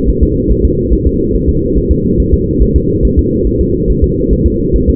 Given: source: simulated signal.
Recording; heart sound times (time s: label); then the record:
fetal heart sounds
0.09 s: S1
0.23 s: S2
0.52 s: S1
0.65 s: S2
0.93 s: S1
1.07 s: S2
1.35 s: S1
1.49 s: S2
1.77 s: S1
1.91 s: S2
2.20 s: S1
2.34 s: S2
2.62 s: S1
2.76 s: S2
3.05 s: S1
3.19 s: S2
3.47 s: S1
3.61 s: S2
3.90 s: S1
4.04 s: S2
4.33 s: S1
4.47 s: S2
4.76 s: S1
4.90 s: S2
From the record:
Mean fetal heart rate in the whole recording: 140 bpm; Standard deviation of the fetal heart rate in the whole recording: 2 bpm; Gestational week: 34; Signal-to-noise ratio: -10.2 dB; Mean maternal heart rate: 72 bpm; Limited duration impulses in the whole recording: present